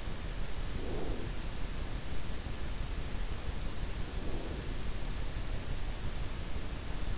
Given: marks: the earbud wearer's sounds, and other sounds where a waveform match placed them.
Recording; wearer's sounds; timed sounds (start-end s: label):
sounds in sleep by an in-ear microphone; breath
0.77-1.32 s: breath
4.17-4.75 s: breath